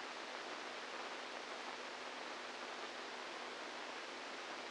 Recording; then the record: brain microelectrode recording played as sound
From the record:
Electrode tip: outside the subthalamic nucleus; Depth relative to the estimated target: -4 mm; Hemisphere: right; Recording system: NeuroSet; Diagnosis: Parkinson's disease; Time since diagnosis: 8 years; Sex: male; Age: 46 years